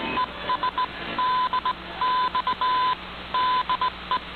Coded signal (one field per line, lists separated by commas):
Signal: Morse code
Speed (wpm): 18 wpm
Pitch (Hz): 1010 Hz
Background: none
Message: ES DX DE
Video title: Radio Havana Cuba DXers Unlimited Jan 29 2019 on 15140Khz Shortwave Radio R8600